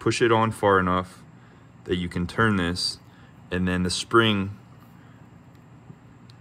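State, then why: Seated. A metal hold-down spring cap is pushed over the pin on a parking brake shoe of a 1999 Subaru Impreza/Forester, against the spring, and turned until it locks. Someone talks through most of the clip, then after a quiet stretch a short, sharp click comes at 6.3 s as the cap clicks into place and seats.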